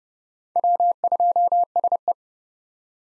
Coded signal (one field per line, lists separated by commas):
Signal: Morse code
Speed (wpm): 32 wpm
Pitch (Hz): 700 Hz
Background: none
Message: W2SE